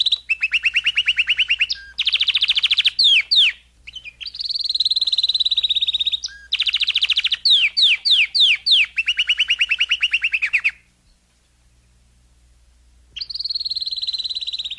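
Domestic canary singing fast pulsed trills and sweeping notes in long phrases, each tour changing pitch, broken by a short pause and a longer silence near the end.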